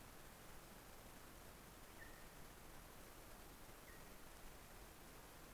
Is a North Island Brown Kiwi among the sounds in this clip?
no